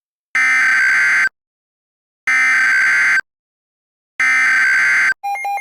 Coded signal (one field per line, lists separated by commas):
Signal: Emergency Alert System (SAME) tones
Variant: header bursts